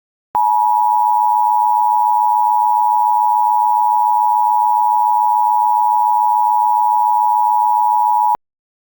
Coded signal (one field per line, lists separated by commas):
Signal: Emergency Alert System (SAME) tones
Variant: 853 and 960 Hz attention tone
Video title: EAS Mock- Chucky Amber Alert